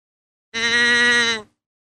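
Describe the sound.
Deer giving one level, nasal bleat of roughly one second.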